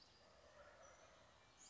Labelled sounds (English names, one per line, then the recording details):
Wild Turkey
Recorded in Sonoma County, California